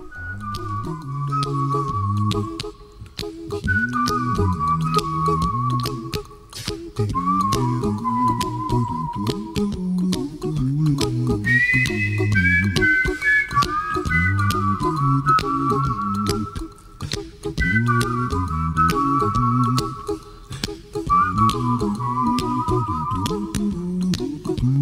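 A bright whistled melody glides in short, wavering phrases over a bouncy, looping backing of layered humming voices and vocal bass, steady and upbeat throughout, with no instruments.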